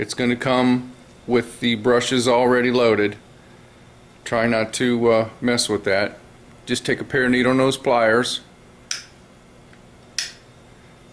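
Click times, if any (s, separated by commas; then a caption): 8.9 s, 10.2 s. Someone talks while the brush retaining pin is pulled from a rebuilt Ford 3G alternator with needle nose pliers. The spring-loaded brushes, which came already loaded, snap down onto the slip ring with two small, sharp clicks at 8.9 s and 10.2 s. The brushes are released and set.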